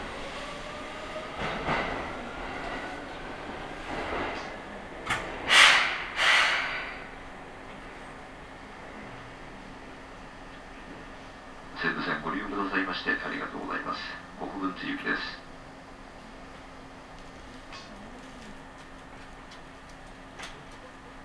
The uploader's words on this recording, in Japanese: 耳で楽しむ鉄道旅 西武鉄道 本川越→東村山→小川→萩山→青梅街道。